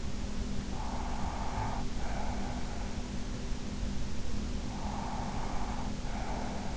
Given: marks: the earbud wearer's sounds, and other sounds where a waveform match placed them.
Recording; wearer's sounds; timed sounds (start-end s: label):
sounds in sleep by an in-ear microphone; breath
0.66-2.95 s: breath
4.49-6.77 s: breath